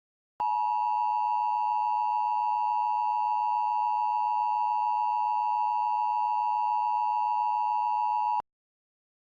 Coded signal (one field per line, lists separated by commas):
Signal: Emergency Alert System (SAME) tones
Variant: 853 and 960 Hz attention tone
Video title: EAS Scenario: The Pumpkin Patch Plague